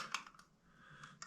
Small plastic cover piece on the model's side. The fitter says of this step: What it said, a little click.